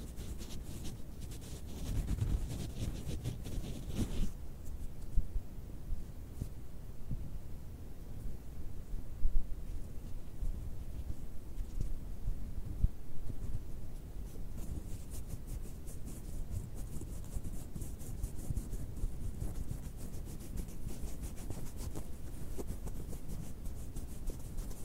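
Fabric scratching, opening with a louder, brighter burst of rubbing for the first four seconds. After that the sound drops to a low, dense rumble with scattered quick scratchy strokes and ticks, growing more frequent toward the end.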